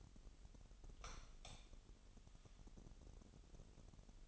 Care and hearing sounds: daily activity, microphone in the room; light on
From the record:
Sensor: 4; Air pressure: 989.2 hPa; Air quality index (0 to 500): 221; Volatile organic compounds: 78 ppm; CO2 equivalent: 3586 ppm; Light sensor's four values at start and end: 24/80/30/30 and 27/92/34/35

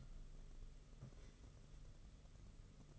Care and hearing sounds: daily activity, microphone in the room; take from stove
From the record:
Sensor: 4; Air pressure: 995.3 hPa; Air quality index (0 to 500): 215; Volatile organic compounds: 255 ppm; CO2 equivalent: 4373 ppm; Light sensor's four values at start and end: 24/77/29/32 and 24/77/29/32

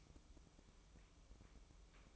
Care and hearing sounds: daily activity, microphone in the room; light off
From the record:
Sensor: 1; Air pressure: 1008.0 hPa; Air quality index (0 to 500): 121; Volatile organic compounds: 2 ppm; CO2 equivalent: 1021 ppm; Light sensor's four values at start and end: 21/63/25/26 and 11/26/10/12

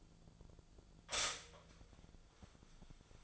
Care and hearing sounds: daily activity, microphone in the room; stop toaster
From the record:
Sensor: 5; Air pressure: 1009.4 hPa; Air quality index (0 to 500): 169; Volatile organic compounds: 4 ppm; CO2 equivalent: 1638 ppm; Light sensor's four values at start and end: 90/239/97/103 and 90/239/97/103

